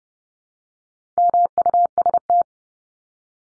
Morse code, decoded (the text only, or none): MUST